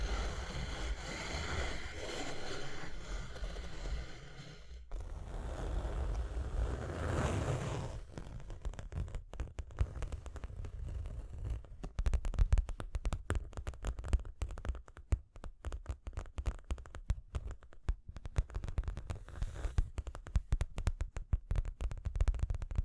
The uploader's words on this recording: Tapping and Scratching (No Talking).